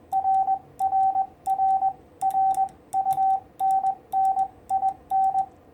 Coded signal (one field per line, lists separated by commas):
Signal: Morse code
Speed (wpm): 21 wpm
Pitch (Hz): 770 Hz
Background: radio noise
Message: RRR RUNNIN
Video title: 6' High 40m EFHW Real World SHTF Antenna - 2nd Contact Attempt